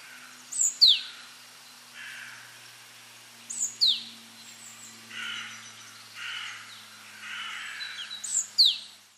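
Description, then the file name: Great tit calling, with thin, downslurred high whistles repeated every few seconds and hoarse, rasping lower notes between them over a quiet background hum. "Parus major"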